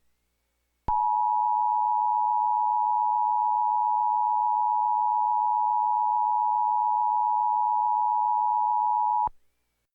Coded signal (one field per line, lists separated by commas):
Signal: Emergency Alert System (SAME) tones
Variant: 853 and 960 Hz attention tone